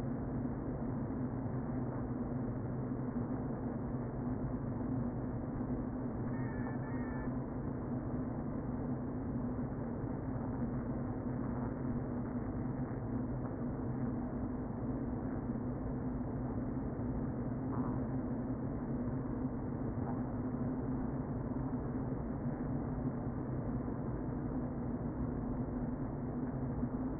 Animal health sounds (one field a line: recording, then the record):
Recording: honeybee colony, microphone inside the hive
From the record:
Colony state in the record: queen present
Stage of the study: before two queens were removed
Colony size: about 60,000 bees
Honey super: yes